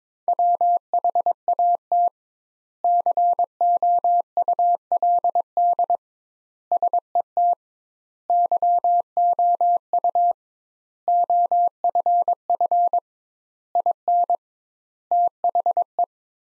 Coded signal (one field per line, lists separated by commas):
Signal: Morse code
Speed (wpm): 21 wpm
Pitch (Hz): 700 Hz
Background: none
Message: WHAT COULD SET YOU OFF IN THE